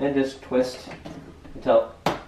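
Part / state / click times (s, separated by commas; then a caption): dishwasher filter into sump housing / seated / 2.1 s. A plastic dishwasher filter is twisted into its sump housing while someone talks, and it snaps into place with a loud, sharp click at 2.1 seconds. The filter is seated.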